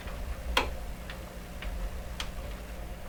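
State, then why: Not seated. While fixing a loose dial shaft on a vintage Hammarlund SP-600 tube radio receiver, a metal dial shaft part is handled and pushed toward its fitting on the chassis. Sharp ticks are heard at about 0.6, 1.1, 1.6 and 2.2 seconds over a steady low hum, with the first tick the loudest. Nothing has seated or clicked into place yet.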